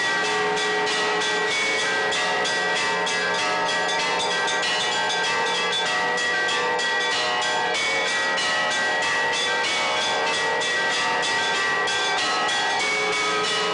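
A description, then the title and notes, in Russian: Festive church bell ringing: many bells struck in quick, fairly regular succession, their bright tones overlapping into a dense, continuous peal. The ringing holds steady throughout with no pauses, sustained ringing tones hanging beneath the rapid strikes. Праздничный колокольный звон.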